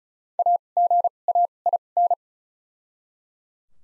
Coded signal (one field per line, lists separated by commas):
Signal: Morse code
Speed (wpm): 36 wpm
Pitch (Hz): 700 Hz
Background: none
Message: A G A I N